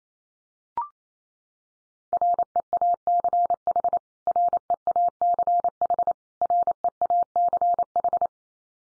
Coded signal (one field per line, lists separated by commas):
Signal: Morse code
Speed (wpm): 28 wpm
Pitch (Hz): 700 Hz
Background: none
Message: REACH REACH REACH